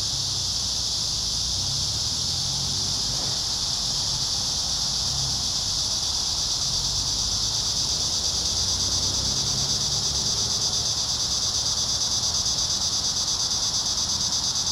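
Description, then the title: Cicada chorus forming an unbroken high shrill drone with faint rapid pulsing, a soft low rumble underneath. Several cicadas in a park. "neoscenes: cicadas in the park"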